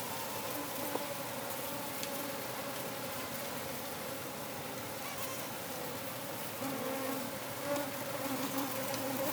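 Gnats whining together as a swarm, overlapping hums that waver and swell slightly toward the end.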